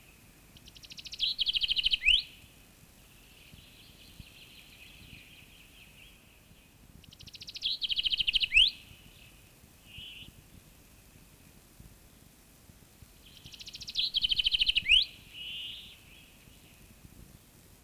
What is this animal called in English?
Common Chaffinch